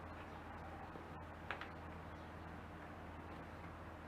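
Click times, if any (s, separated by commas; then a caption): 1.5 s. A plastic snap cap is pressed down firmly onto a 250 cc plastic bottle of lemongrass-pandan drink until it locks, snapping shut with a sharp click at 1.5 s and a softer follow-up tick at 1.6 s. A steady low hum runs underneath throughout, and the cap is seated.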